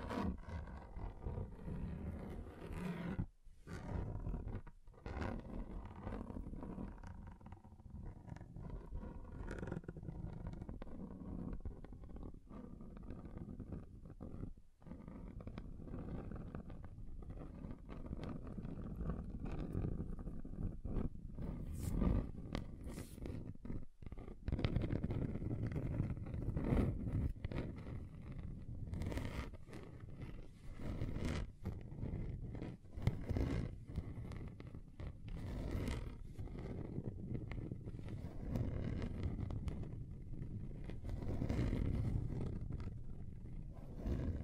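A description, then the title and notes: Something scratches across a table in uneven, rasping strokes, mostly low and gritty, with brief pauses near four, fifteen and twenty-four seconds. ASMR Relaxing Table Scratching Different Surfaces (No Talking).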